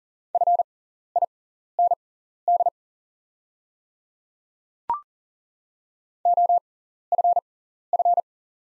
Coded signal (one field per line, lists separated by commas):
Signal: Morse code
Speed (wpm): 42 wpm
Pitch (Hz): 700 Hz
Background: none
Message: FIND OFF